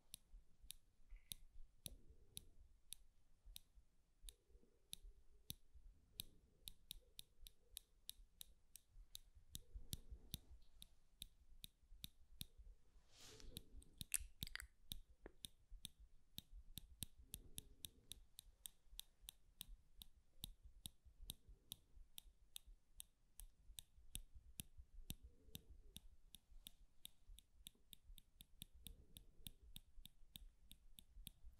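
Pinching and scratching sounds form a dense, steady run of sharp, bright clicks and ticks throughout, packed closely and fairly regularly. Short low, soft rubbing bursts recur every few seconds underneath, with a louder scratchy flurry around the middle.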